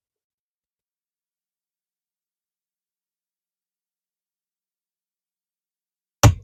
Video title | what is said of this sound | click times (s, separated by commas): Tesla Swivel Screen Upgrade by Tesstudio - Full Installation & Review | you hear the nice click get that cord kind of up out of the way | 6.2 s